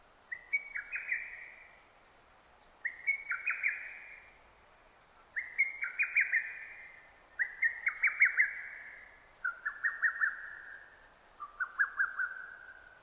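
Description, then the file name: Lesser cuckoo singing six hurried phrases of sharp, whistled notes about every two seconds, later phrases starting lower in pitch. Recorded 6 June 2009. "hototogisu 20090606"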